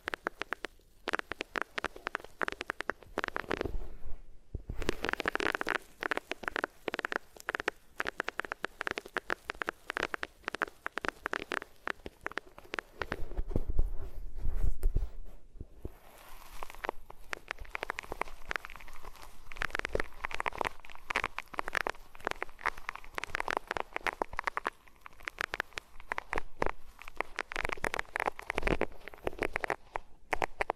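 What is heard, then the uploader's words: Dense rubbing and scratching, like fingers or fabric dragged right over the ears against different materials. The scraping is fast and crackly, with brief pauses near 4 and 15 seconds, and a heavier muffled rumbling swell around 13 to 15 seconds. ASMR Sensitive Sleep Inducing Triggers Rubbing Your Ears on Different Materials (No Talking).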